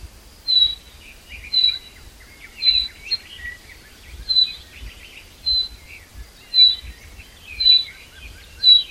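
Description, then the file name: Common chaffinch: clipped high call notes repeated about once a second, with fainter lower twittering between them. "Fringilla coelebs"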